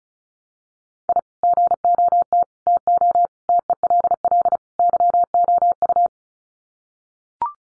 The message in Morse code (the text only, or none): I GOT TO TELL YOU